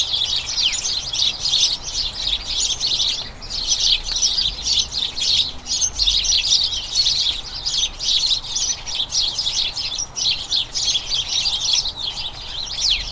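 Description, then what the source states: House sparrow flock in constant chatter, many short chirps overlapping into a steady bubbling wash with brief lulls. A dozen house sparrows, a colony in a small front garden as crocuses bloom, chattering incessantly and excitedly as they turn toward the breeding season; recorded by Fergus Collins.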